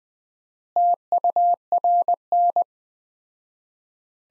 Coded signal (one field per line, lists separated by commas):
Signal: Morse code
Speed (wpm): 20 wpm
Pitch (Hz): 700 Hz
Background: none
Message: TURN